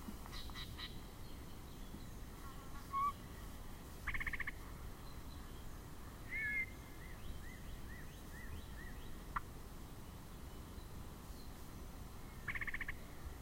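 Yellow-breasted chat giving scattered varied calls: short rattling bursts, a brief whistled slur and a few single notes, separated by pauses, over low background noise.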